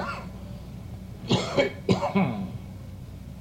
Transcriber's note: coughs